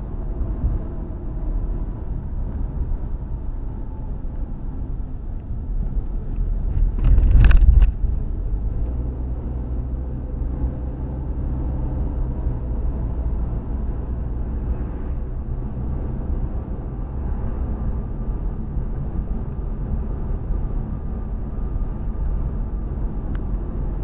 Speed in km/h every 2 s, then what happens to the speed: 45, 37, 31, 29, 37, 44, 50, 53, 53, 55, 53, 52.
0-6 slows to 29. 6-14 speeds up to 53. 14-24 steady at about 53.